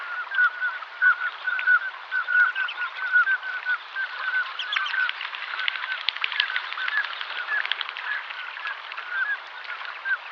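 Common scoters giving short whistled piping notes, a steady run of calls at first, then a dense overlapping chorus from several birds in the middle.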